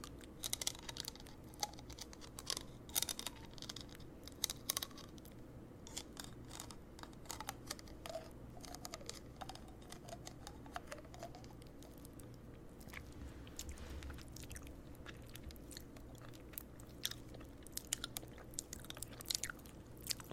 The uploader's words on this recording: ASMR Nibbling On Candy Cane (Tingly Mouth Sounds).